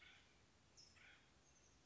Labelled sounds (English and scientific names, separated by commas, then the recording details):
Acorn Woodpecker (Melanerpes formicivorus)
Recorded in Sonoma County, California